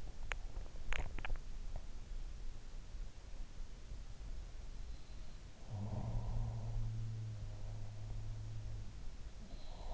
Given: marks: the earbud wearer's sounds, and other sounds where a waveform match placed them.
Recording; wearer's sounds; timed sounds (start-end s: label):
sounds in sleep by an in-ear microphone; swallowing
0.00-1.77 s: swallowing
5.47-9.22 s: sound from someone else or the room